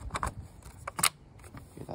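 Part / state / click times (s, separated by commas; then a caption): safety lever on a BB gun / seated / 1.1 s. The safety lever on a BB gun is set to the safe position, with a few short handling clicks and rustles around it. The lever clicks into safe at 1.1 s, and it engages.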